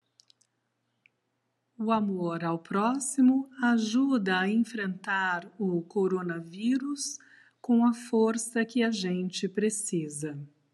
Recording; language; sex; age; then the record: spoken sentence; Brazilian Portuguese; female; 50 to 59 years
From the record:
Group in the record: control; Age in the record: 56 years